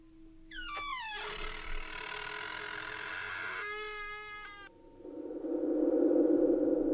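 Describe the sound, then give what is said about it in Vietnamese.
A door to a building's rooftop creaks open with a long, strained squeal that wavers in pitch for several seconds, then gives way to a loud, steady rush of wind. “Tiếng kẽo kẹt cùng với cơn gió thốc vào mặt,”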